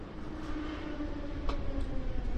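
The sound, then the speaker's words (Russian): A subway train rumbles steadily, its low roar joined by a faint humming whine, with a single sharp click partway through as it slows and stops at Sadovaya, Sennaya and Spasskaya station, where passengers crowd to the doors. “Поезд остановился на Садовой с Сенной Спасской, и народ повалил к дверям.”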